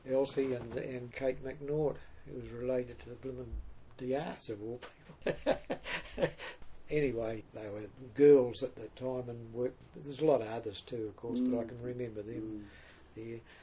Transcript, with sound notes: Elsie and Kate McNaught, who was related to the blimmin’ D’Aths, of all people. [Chuckle] Anyway, they were girls at the time, and worked – there was a lot of others too, of course, but I can remember them there.